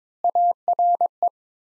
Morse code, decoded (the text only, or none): ARE